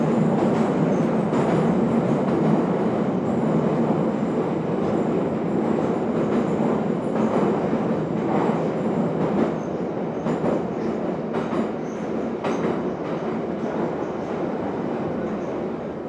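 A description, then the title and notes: A metro train rumbles steadily through a tunnel, a dense low roar with rhythmic clatters and brief bright squeals throughout, constant. Kyiv Metro (Ukraine). You are taking ride in Kyiv metropolitan.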